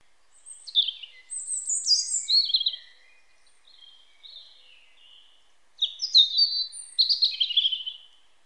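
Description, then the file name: European robin song: two high warbling phrases separated by a pause, each mixing thin whistles and quick trills, with faint notes in the gap between. "Erithacus rubecula"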